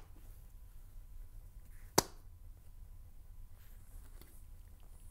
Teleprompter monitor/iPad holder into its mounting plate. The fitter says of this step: and you don't have to use that part look at that you can hear it click see